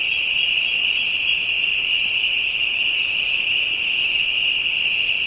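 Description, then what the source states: Insects in a steady shrill chorus, a continuous high buzzing drone with fainter pulsing trills layered above it, unbroken throughout. African insects, ambient soundscape.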